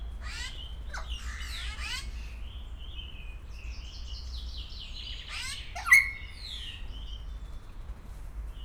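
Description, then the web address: Grey parrot calls: a string of varied squawks and sliding chirps, then a sharp whistle near six seconds, over low steady background noise. Captive grey parrot at a zoo in Szeged, 2011, vocalising intermittently with pauses. "szegedizoo 2011 jakopapagaj jako szunetekkelmegszolal"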